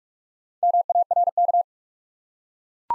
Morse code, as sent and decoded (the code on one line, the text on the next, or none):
-- .- .-. -.-
MARK